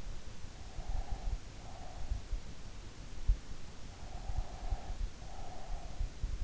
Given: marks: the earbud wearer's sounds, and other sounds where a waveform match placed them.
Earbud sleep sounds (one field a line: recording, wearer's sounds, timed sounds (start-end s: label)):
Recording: sounds in sleep by an in-ear microphone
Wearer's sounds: breath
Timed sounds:
0.42-2.20 s: breath
3.83-6.20 s: breath